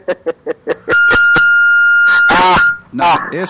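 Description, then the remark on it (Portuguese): Telephone keypad buttons are pressed: four quick electronic beeps in a row, then a long steady high-pitched tone with a couple of clicks, as voices start talking over its end. “O barulho era igual como se fosse teclando mesmo, né?”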